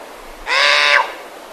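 Verreaux's sifaka producing one harsh, hoarse call about half a second long, slightly rising before a quick downward end, with faint hiss behind.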